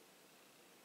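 A screw going into an Anet A8 3D printer frame plate is turned counter-clockwise with a screwdriver under light pressure while fingers steady the part, so the thread start can drop into place. Only a steady, noise-like hiss is heard, with no distinct sounds. Nothing has seated or clicked yet.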